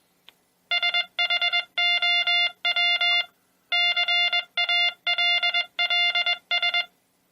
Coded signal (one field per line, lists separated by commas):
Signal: Morse code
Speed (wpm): 21 wpm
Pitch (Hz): 700 Hz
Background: none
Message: SHOW CALLS